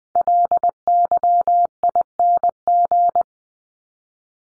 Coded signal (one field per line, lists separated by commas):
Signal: Morse code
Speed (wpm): 20 wpm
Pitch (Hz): 700 Hz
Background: none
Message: LYING